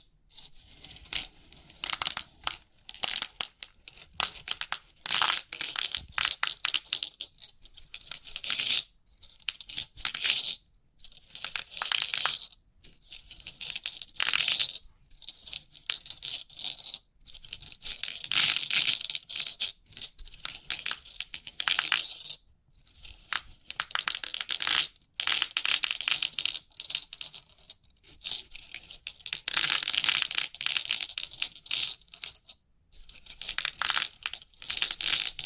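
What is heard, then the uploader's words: Crisp pin art tingles: bursts of fine, bright clicking and rustling as the pins are pressed and shifted, each burst lasting a second or two with short silent gaps between. The sound is dry and crackly, like tearing or crinkling, with no low tones underneath. Crisp 3D Pin Art Tingles(No Talking).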